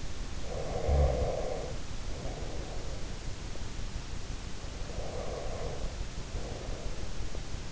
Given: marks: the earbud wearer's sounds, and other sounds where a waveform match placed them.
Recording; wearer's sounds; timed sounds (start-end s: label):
sounds in sleep by an in-ear microphone; breath
0.21-2.99 s: breath
4.52-7.72 s: breath